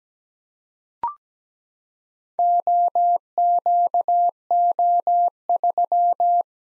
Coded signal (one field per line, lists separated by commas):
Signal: Morse code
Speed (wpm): 17 wpm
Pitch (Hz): 700 Hz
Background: none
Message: OQO3